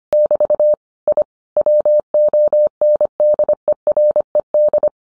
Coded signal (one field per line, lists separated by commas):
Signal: Morse code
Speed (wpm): 25 wpm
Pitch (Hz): 600 Hz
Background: none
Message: <BT> I WONDERED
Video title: 20211212 Getting Amateur Radio propagation data at home